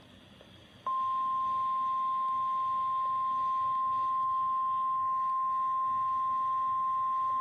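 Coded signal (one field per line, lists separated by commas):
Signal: Emergency Alert System (SAME) tones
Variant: 1050 Hz attention tone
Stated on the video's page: Pre-dawn real EAS alerts, including a 15-county polygon.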